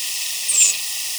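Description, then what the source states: LeConte's sparrow giving a single very high, thin, slightly downslurred flight note lasting about a quarter second over a steady hiss. Nocturnal flight call.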